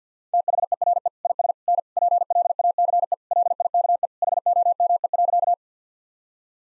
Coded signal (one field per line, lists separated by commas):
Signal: Morse code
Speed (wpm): 50 wpm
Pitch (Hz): 700 Hz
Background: none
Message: THERE IS N PLACE LIKE HOME.